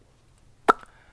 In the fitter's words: En dan kun je hem naar rechts schuiven, hoor je een klik en dan zit hij vast.